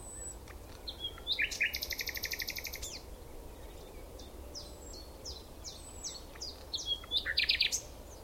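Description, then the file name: Common nightingale song: a long run of fast repeated metallic notes lasting about one and a half seconds, then spaced high descending chirps and a final quick flurry of notes, over faint hiss. "Luscinia megarhynchos"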